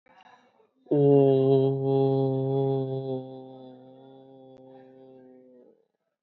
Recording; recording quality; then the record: sustained vowel as in boot; excellent, no background noise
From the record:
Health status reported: respiratory illness, not identified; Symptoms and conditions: asthma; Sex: male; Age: 19 years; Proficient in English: yes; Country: India